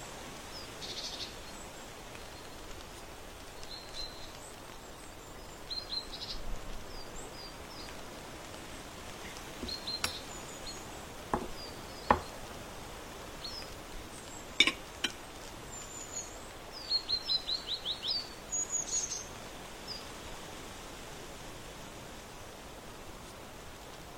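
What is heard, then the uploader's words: Autumn outdoors from a porch, with a steady soft hiss underneath throughout. Small high bird chirps come scattered across the clip, with a quick run of repeated chirps near 17–19 seconds. A few sharp clicks or taps stand out around 10, 12 and 15 seconds. On the porch in autumn.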